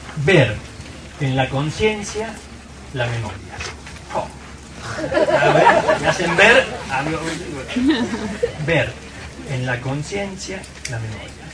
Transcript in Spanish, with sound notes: “Ver en la conciencia la memoria”. ¡Jo!… (RISAS) …Me hacen ver algo… “Ver en la conciencia la memoria”.